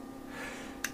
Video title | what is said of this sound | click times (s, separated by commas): [Déballage] HaloLock Magnetic wireless car charger, le chargeur par induction de chez ESR | vient se clipser là ici | 0.8 s